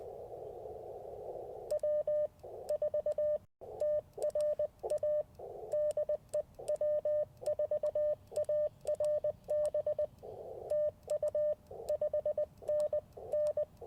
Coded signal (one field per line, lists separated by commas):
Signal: Morse code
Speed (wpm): 20 wpm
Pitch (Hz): 600 Hz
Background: radio noise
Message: W4TRA DE W4ARB TU 5NN